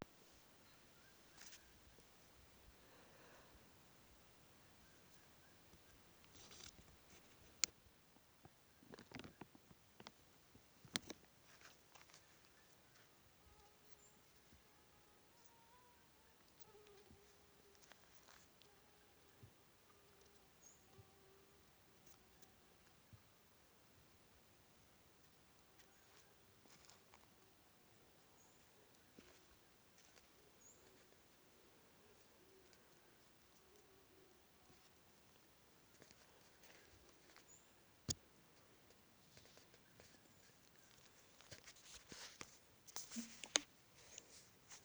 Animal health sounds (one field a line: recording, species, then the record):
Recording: mosquito flight sound by mobile phone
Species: Aedes sierrensis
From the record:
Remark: in a plastic bag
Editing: field recording with all noises